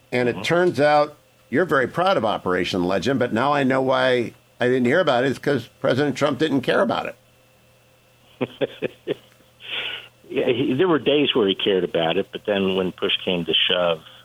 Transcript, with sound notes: And it turns out you’re very proud of Operation Legend, but now I know why I didn’t hear about it, is because President Trump didn’t care about it.
(laughing) Yeah, there were days where he cared about it, but then when push came to shove,